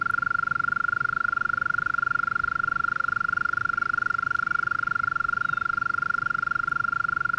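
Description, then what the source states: European mole cricket song: a loud, steady purring trill that never pauses. Small population in a flooded alpine pasture at 1250 m, Le Villard, Drôme, France, 3 May 2020, heard every year at this period; recorded in stereo on Nagra Seven with MKH40 microphone.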